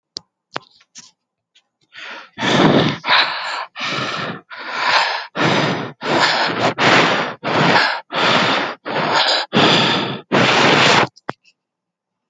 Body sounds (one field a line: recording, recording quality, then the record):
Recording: shallow breathing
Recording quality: excellent, no background noise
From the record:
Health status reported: healthy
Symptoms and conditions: none ticked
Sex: male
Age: 27 years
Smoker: not ticked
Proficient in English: yes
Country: India